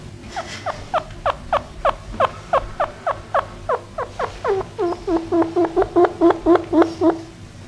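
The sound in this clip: Chinchilla calls, a rapid series of short downward-sweeping squeaks, about four per second, speeding up and growing louder toward the end.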